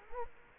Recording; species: mosquito wingbeat signal from an infrared sensor; Culex quinquefasciatus